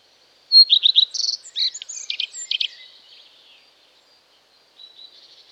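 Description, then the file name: Common redstart song: a clear high note, a quick run of three notes, then scratchy, buzzy flourishes that fade, followed after a pause by soft twittering. "Common Redstart (Phoenicurus phoenicurus)"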